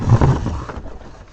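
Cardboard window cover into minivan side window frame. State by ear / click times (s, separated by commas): not seated / none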